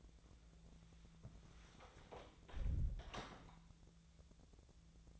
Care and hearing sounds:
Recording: daily activity, microphone in the room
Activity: close door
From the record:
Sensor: 3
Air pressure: 1000.4 hPa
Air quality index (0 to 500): 178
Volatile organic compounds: 4 ppm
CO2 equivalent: 1546 ppm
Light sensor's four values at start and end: 14/34/14/15 and 14/33/14/15

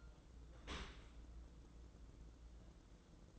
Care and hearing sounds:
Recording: daily activity, microphone in the room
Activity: open dishwasher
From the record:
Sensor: 3

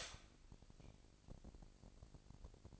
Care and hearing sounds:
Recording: daily activity, microphone in the room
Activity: stop toaster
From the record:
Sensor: 5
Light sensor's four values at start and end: 25/59/24/24 and 25/59/24/24

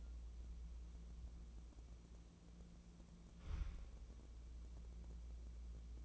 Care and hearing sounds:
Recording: daily activity, microphone in the room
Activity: wipe stove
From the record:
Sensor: 1

